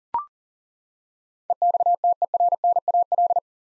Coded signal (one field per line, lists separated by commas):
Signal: Morse code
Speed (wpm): 40 wpm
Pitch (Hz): 700 Hz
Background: none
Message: EXTERNAL